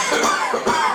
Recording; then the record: coughing mixed with background sound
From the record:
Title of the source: Spring Cold Coughing 2